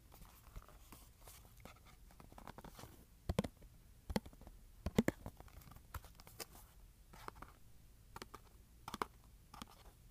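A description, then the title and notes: Cardboard is scratched and tapped in irregular bursts, with sharp louder taps near three, four and five seconds over a low steady hum. ASMR Scratching and Tapping Cardboard.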